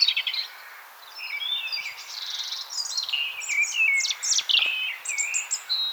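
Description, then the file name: European robin song: a rich run of high, thin warbled and trilled phrases, sliding whistles and quick twittering notes, with brief pauses between phrases. "Erithacus rubecula"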